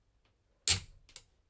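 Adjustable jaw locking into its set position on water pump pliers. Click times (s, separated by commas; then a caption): 1.1 s, 1.2 s. The adjustable jaw of a pair of steel Knipex water pump pliers (models 88-01-250 / 87-01-250 / 87-22-250) is slid to the wanted opening and then pulled back so the adjustment locks. A loud, broad rasping slide at about 0.7 s fades into two short clicks at 1.1 s and 1.2 s. The jaw locks into its set position.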